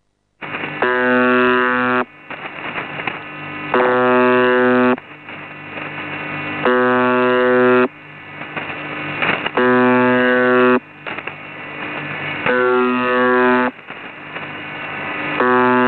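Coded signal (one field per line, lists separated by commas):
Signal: channel marker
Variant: UVB-76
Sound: six harsh low buzzes, each just over a second, repeating every three seconds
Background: radio static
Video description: The Buzzer sends this interrupted buzzing signal pretty much 24 hours a day, occasionally stopping the buzz to include voice messages.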